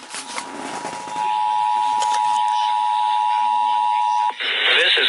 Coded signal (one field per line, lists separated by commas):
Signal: Emergency Alert System (SAME) tones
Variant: 853 and 960 Hz attention tone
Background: speech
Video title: (EAS 996-998) Required Monthly Tests from 3/3/2026